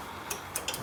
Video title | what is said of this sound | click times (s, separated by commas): SkiDoo Formula SL 503 ROTAX Top End Rebuild | Just snap right into place. So there's the first one. | 0.3 s, 0.6 s, 0.7 s